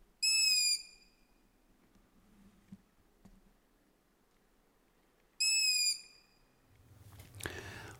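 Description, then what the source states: Long-eared Owl begging calls: two high, squeaky calls about five seconds apart, each rich in overtones. Fledgling that has left the nest, begging near the nest site, a behaviour normally heard during the dark hours; filmed at 23.30 in Snappertuna.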